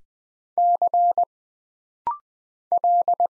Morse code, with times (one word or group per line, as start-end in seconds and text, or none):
0.6-1.2 C
2.7-3.3 L